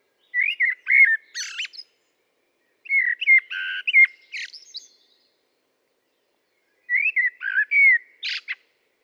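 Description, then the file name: Common blackbird song: three separate phrases, each a fluted warble near the start that breaks into a high squeaky twitter, with pauses between. "Turdus merula"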